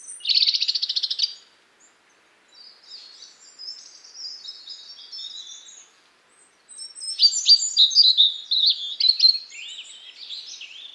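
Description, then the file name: European robin song opening with a loud buzzy trill, then quiet high warbles, a short silence, and a fresh phrase of sharp, rapid tumbling notes. "Erithacus rubecula"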